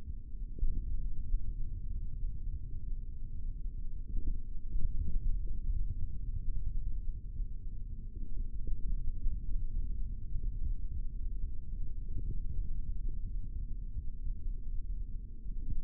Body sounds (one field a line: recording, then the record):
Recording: forearm muscle sounds (acoustic myography)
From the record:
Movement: index flexion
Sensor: system 3, bracelet of six PUI Audio POM-2738L microphones around the upper forearm, with dedicated amplification and filtering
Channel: 3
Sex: male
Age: 23 years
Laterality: right